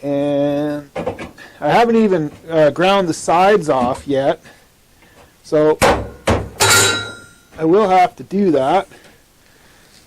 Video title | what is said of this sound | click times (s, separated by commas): Volvo Amazon Drive Shaft Tunnel. Pt. 2 (Ep. 30) | you can see that just snaps into place | 6.3 s, 6.6 s